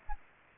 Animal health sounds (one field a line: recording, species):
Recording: mosquito wingbeat signal from an infrared sensor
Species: Aedes aegypti